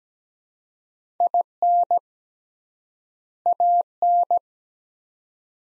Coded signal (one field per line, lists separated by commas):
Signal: Morse code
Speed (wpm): 17 wpm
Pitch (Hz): 700 Hz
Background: none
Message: IN AN